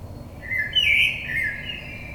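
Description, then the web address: Common blackbird song: a fluted phrase rising then easing down. Recorded on 22 May 2022. "oiseaux Merle 2022 05 22"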